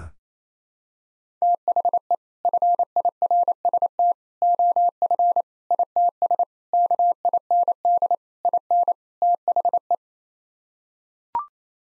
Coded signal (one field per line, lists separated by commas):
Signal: Morse code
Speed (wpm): 28 wpm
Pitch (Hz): 700 Hz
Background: none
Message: THE FIRST OF ITS KIND IN THE